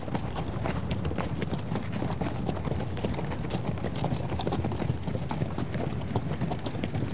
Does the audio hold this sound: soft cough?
no